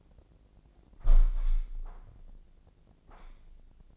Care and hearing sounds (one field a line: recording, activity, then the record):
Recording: daily activity, microphone in the room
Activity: close window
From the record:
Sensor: 5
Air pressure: 1012.4 hPa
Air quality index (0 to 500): 161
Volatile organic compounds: 2 ppm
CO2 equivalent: 1091 ppm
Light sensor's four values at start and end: 71/170/70/74 and 70/170/70/74